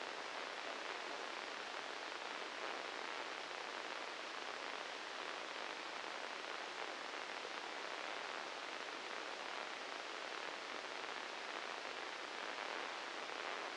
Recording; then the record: brain microelectrode recording played as sound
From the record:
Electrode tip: inside the subthalamic nucleus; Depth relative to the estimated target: 0 mm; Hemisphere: left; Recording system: NeuroSet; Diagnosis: Parkinson's disease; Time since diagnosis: 8 years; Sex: male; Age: 37 years